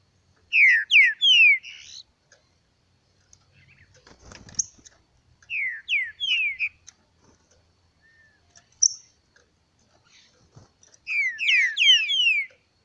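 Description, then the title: Green-winged saltator repeating short whistled phrases of falling notes. Faint rustling and a brief high note are heard between phrases. Bird named Nicão in the bush, singing in a contest with a free-living bird. "Trinca Ferro NICÃ O No Mato Disputando Com Solto"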